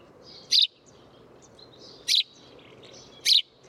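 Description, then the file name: House sparrow giving three short, bright chirps every one to one and a half seconds. "Passer domesticus"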